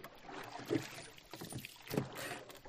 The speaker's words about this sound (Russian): Не теряя ни секунды, спрыгнул вниз, удержал равновесие, поднял с дна весла, вставил в уключины, оттолкнулся от дебаркадера, мощными грибками погнал лодку вперед.